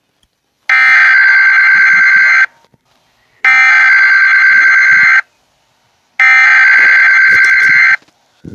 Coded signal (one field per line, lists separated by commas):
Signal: Emergency Alert System (SAME) tones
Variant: header bursts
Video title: EAS Scenario #6 Robert The Shark Error Part 2